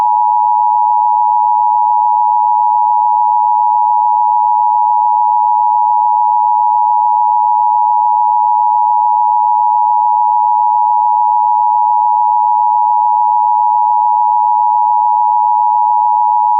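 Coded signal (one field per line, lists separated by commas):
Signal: Emergency Alert System (SAME) tones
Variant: 853 and 960 Hz attention tone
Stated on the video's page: Online Emergency Alert System test, not a real broadcast.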